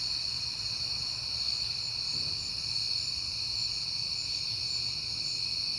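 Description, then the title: Crickets keep up a shrill, even chirping drone, with a quiet low rumble in the background. Crickets on a peaceful night in September. "Night Time: Crickets and Passing Cars"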